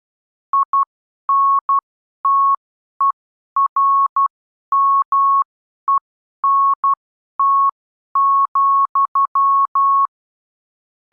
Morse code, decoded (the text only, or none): INTERMENT,